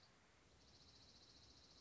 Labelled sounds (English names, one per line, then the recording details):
Dark-eyed Junco
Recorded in Sonoma County, California